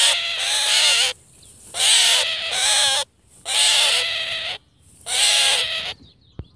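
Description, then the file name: Eurasian jay uttering four loud, hoarse screeches of about a second each, spaced by brief pauses. "Garrulus glandarius"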